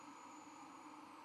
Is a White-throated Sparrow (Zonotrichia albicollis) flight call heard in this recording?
no